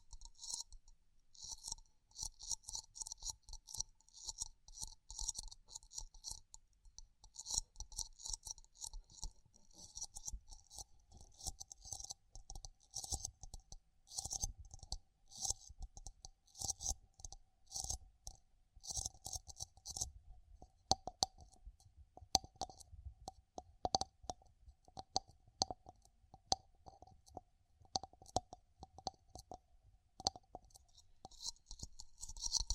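Ear exploration: a steady run of crisp little clicks and scratchy rustles, with bright hissy textures and a faint mid tone running beneath. Sharper, louder taps burst in after about twenty seconds, with soft low thumps scattered throughout.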